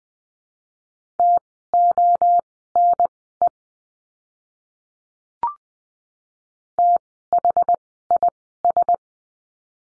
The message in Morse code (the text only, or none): TONE THIS